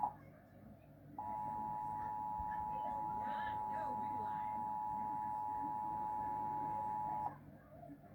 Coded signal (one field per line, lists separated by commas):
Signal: Emergency Alert System (SAME) tones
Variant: 853 and 960 Hz attention tone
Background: speech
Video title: A Severe Thunderstorm Warning EAS from KTXD TV Channel 47, 3 of 3 vids of this alert.